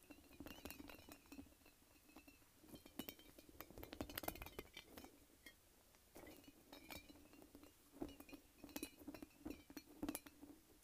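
A light-up ball is squished and shaken by hand, making a rapid run of sharp clinks and rattles that come in bursts, busiest around four seconds and again near eight to ten. A steady low buzz runs underneath.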